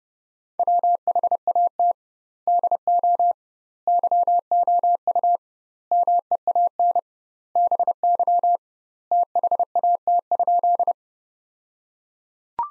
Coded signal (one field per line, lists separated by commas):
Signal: Morse code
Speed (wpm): 30 wpm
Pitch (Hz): 700 Hz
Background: none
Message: WHAT DO YOU MEAN BY THAT?